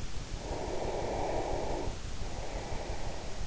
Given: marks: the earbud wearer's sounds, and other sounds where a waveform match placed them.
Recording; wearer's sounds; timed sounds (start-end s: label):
sounds in sleep by an in-ear microphone; breath
0.38-3.25 s: breath